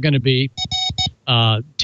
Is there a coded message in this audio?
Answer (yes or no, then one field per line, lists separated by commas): no